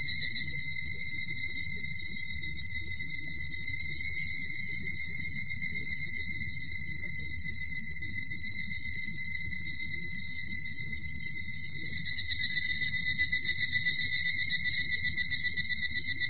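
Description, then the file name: Evening cicada calls, overlapping high shrill trills ringing continuously, with a louder pulsing voice joining in for the last few seconds. "higurashi"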